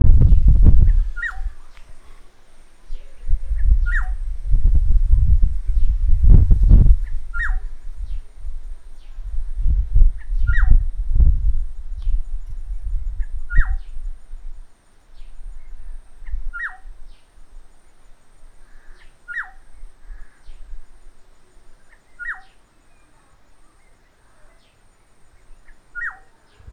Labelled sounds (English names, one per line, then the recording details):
African Black-headed Oriole
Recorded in northern Uganda